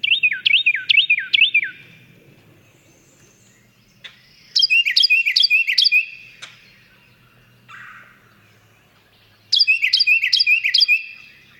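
Carolina wren singing loud, ringing phrases repeated rapidly in bursts of four to six. Two differing phrase types are used, with pauses of a few seconds between bursts. A faint low hum sits underneath.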